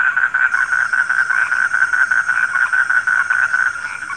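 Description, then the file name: Frog chorus of fast, rhythmic croaks at a steady mid pitch, many calls overlapping, with a faint high drone behind. Frogs calling at night. "suara kodok di malam hari"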